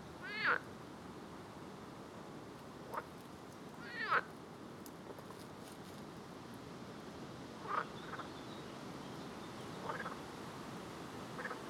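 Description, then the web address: Frog calls: a few scattered short chirps, two louder ones in the first half and fainter ones later, over a constant hiss. "Soundscape Frog 1"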